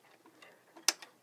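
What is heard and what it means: Thread is pressed into the thread holder guide behind the tension discs on a Baby Lock Celebrate serger, which holds it in place. Faint light ticks come before a single sharp, bright click at 0.9 s, followed by a softer tick about 1.0 s. The thread snaps into the guide and is seated.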